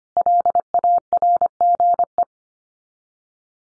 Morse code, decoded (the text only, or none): LARGE